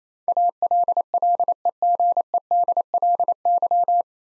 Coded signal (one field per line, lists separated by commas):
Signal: Morse code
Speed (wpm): 28 wpm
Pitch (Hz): 700 Hz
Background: none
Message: ALLEGEDLY